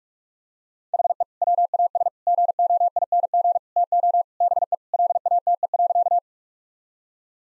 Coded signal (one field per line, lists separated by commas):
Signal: Morse code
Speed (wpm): 42 wpm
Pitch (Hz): 700 Hz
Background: none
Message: HE WAS GOING TO BE LATE.